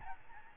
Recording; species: mosquito wingbeat signal from an infrared sensor; Aedes albopictus